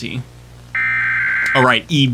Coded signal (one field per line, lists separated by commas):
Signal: Emergency Alert System (SAME) tones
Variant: header bursts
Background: speech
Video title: Watching The Most Terrifying EAS Scenarios.